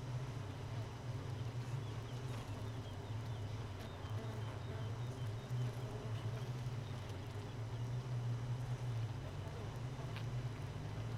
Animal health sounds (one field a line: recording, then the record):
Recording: honeybee colony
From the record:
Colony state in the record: missing queen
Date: 31 May 2018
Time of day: 4:39